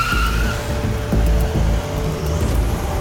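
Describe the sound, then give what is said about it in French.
The getaway car of two robbers fleeing police roars and revs hard as it speeds away, a thin high squeal of tires rising briefly over the loud, steady low rumble. “Les deux voleurs se sont déjà engouffrés dans leur voiture.”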